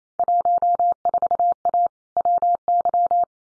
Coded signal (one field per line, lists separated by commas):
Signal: Morse code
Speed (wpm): 28 wpm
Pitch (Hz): 700 Hz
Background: none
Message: 14A WY